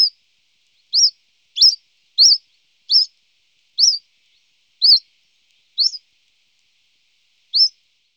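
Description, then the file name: Common chiffchaff song: high hooked notes spaced unevenly, roughly one per second, with a longer pause before the last note; no other sounds. "Phylloscopus Collybita"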